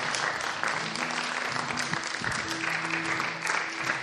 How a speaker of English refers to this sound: Give God a hand clap. Amen.